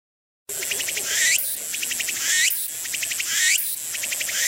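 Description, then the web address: Walker's cicada song begins after a half-second of silence, then shrill pulsed buzzes, each closing with an upward sweep, repeat roughly every second. Insect call. "セミ ツクツクボウシ（ツクツクホウシ）の鳴き声. arpla 自然音研究室"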